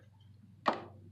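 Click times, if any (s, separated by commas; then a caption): 0.7 s. The hinge of a Gruichi universal adjustable phone/tablet desk stand is folded down to a chosen angle. A single sharp click at 0.7 s rings out briefly over a low steady hum. The hinge detent catches, and the arm locks in place at that angle.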